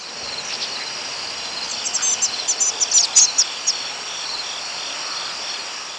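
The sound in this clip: Tree swallow giving a short run of high, thin twittering chirps over about two seconds, set against a steady hiss.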